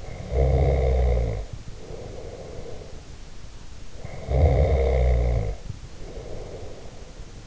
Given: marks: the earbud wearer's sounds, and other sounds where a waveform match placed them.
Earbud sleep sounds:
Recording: sounds in sleep by an in-ear microphone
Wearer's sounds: snoring breath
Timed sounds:
0.00-3.22 s: snoring breath
3.91-7.32 s: snoring breath

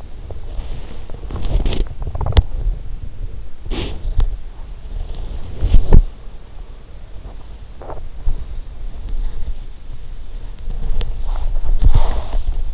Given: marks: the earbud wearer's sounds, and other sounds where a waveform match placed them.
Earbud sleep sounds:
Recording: sounds in sleep by an in-ear microphone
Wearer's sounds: body movement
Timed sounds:
0.00-4.38 s: body movement
4.80-12.74 s: body movement

